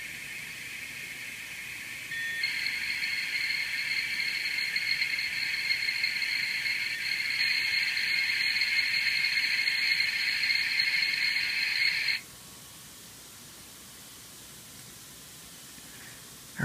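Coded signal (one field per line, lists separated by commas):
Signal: dial-up modem handshake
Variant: 56k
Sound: about ten seconds of loud steady rushing hiss that cuts off abruptly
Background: background noise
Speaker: right and we are almost connected actually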